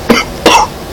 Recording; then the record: coughing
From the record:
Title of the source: Coughing 60